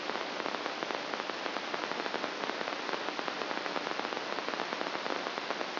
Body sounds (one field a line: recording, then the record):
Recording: brain microelectrode recording played as sound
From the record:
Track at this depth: inside the subthalamic nucleus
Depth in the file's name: 8.137 mm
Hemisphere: left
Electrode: 2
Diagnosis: Parkinson's disease